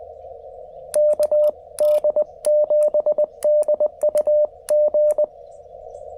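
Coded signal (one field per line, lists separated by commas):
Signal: Morse code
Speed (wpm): 20 wpm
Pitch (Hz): 600 Hz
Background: radio noise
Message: KD7DUG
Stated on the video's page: CW from a QMX QRP transceiver with Elecraft AX-1 antenna on 15, 17 and 20 meters, sent with a single-lever paddle, heard through a portable speaker.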